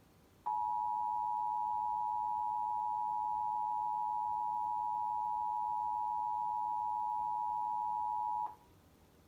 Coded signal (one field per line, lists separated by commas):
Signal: Emergency Alert System (SAME) tones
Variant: 853 and 960 Hz attention tone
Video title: Richmond RMT May 2021(EAS 770)